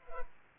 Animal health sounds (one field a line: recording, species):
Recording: mosquito wingbeat signal from an infrared sensor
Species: Culex pipiens